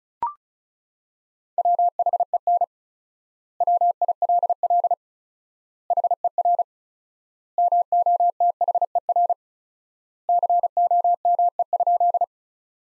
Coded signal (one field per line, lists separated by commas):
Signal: Morse code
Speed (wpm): 34 wpm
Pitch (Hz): 700 Hz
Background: none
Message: WHEN WILL HER MOTHER COME?